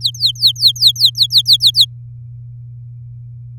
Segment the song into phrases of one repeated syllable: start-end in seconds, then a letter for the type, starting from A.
0.01-1.85 A